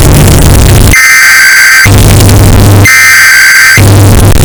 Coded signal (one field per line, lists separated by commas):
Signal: Emergency Alert System (SAME) tones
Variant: header bursts